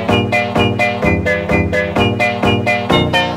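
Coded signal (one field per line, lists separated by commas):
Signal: none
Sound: music track beeps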